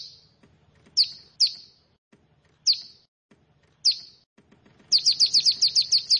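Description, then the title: Bar-winged prinia uttering a few spaced, high down-slurred chirps, then breaking into a rapid run of chirps. "Ciblek Sawah"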